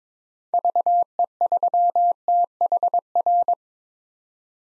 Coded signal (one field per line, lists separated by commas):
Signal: Morse code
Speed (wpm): 22 wpm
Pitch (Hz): 700 Hz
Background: none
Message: VE3THR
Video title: 2023 POTA Activator Call Signs - 22wpm